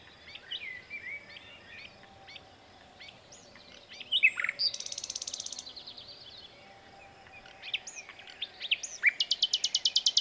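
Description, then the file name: Common nightingale singing varied phrases: scattered chirps, a dry high rattle, then a long, evenly spaced series of sharp repeated notes near the end. "Luscinia megarhynchos"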